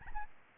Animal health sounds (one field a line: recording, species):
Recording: mosquito wingbeat signal from an infrared sensor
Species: Aedes albopictus